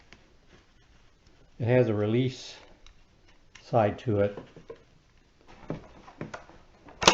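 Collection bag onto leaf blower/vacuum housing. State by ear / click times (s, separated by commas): seated / 7.1 s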